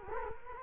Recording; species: mosquito wingbeat signal from an infrared sensor; Culex quinquefasciatus